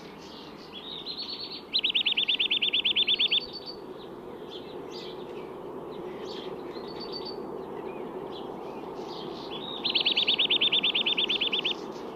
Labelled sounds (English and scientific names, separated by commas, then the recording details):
Eurasian Nuthatch (Sitta europaea) song
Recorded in the wild
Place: Oberstdorf, Bayern, DE
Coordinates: 47.41, 10.2797
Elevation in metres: 803
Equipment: Nagra IV, Sennheiser MKH 405, Parabolreflektor
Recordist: Tretzel, Erwin